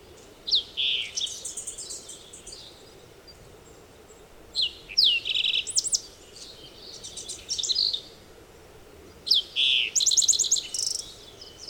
Green-tailed Towhee song recorded on the Cow Creek Trail in Rocky Mountain National Park.